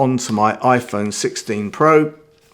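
A firm frosted TPU phone case is being handled for fitting onto an iPhone 16 Pro while someone talks throughout. Nothing has seated or clicked yet; the case is not home on the phone.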